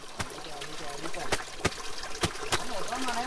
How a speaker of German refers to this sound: In einem Bach wäscht eine Kogi-Indianerin Wäsche. Mit einem Stein klopft sie auf ein Hemd, um den Dreck zu lösen.